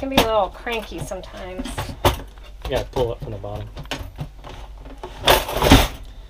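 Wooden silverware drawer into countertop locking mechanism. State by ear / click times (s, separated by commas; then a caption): seated / 5.3 s. Someone talks while a wooden silverware drawer set into a countertop is pulled up from the bottom, with small knocks and rattles as it moves. At 5.3 s a sharp clunk is heard as its locking mechanism engages, and the drawer locks in place.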